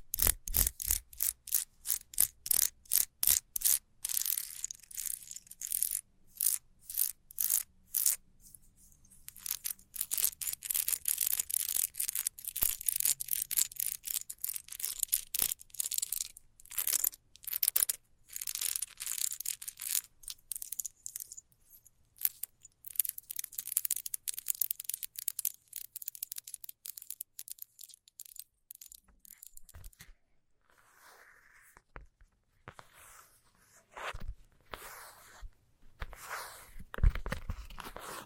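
Fast scratching in rapid, bright, rasping strokes, coming in dense bursts separated by short pauses. The strokes are quick and fairly regular, thinning out past the midpoint; after about thirty seconds a few muffled rubbing sounds join in before a final louder flurry.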